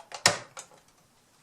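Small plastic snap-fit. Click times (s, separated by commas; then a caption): 0.3 s. A plastic toy missile is lined up and pressed down onto the peg and circular slot of a 1988 G.I. Joe Rolling Thunder toy vehicle. A soft plastic tick comes first, then a sharp, loud plastic snap at 0.3 s as it locks in place, followed by a quieter click around 0.6 s and faint handling ticks. The missile is seated on the peg mount.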